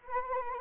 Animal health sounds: mosquito wingbeat signal from an infrared sensor; Anopheles arabiensis

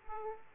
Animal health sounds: mosquito wingbeat signal from an infrared sensor; Aedes aegypti

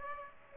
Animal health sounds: mosquito wingbeat signal from an infrared sensor; Aedes aegypti

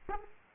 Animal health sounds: mosquito wingbeat signal from an infrared sensor; Culex pipiens

